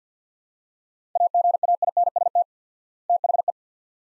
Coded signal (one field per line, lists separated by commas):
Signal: Morse code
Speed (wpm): 50 wpm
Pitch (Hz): 700 Hz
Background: none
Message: AGAINST THE